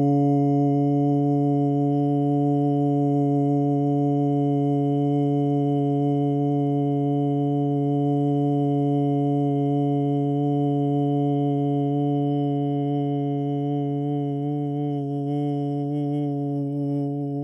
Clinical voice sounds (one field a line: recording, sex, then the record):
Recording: sustained vowel /u/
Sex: male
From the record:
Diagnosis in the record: Parkinson's disease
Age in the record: 50 years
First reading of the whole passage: 72 s, 7.2 characters per second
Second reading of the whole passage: 54 s, 9.6 characters per second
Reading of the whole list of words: 40 s, 7.1 characters per second